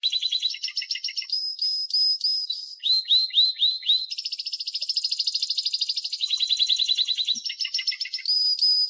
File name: Canary Voice